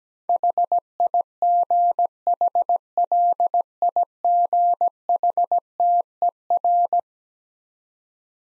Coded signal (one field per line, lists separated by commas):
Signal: Morse code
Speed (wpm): 17 wpm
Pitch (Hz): 700 Hz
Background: none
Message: HIGHLIGHTER